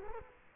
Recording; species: mosquito wingbeat signal from an infrared sensor; Culex quinquefasciatus